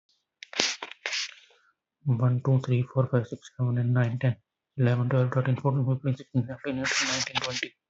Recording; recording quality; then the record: counting at a fast pace; excellent, no background noise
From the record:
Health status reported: healthy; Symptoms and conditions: cough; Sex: male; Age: 18 years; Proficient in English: yes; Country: India